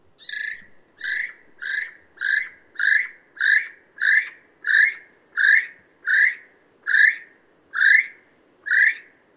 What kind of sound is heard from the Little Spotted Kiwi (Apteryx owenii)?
female call